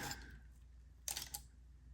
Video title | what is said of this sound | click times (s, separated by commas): Best 24th Scale RTR Yet? The FMS FCX24 Unboxing & First Run | snaps into place | 1.1 s